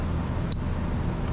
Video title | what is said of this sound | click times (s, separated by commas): 2022 Aprilia Tuareg Exhaust Install | i heard the click so that makes me feel good | 0.5 s